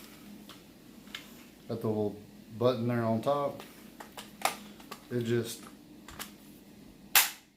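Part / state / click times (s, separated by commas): tool attachment into cordless power unit / seated / 7.2 s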